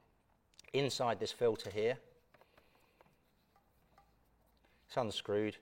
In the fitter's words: so I'd hear that snap there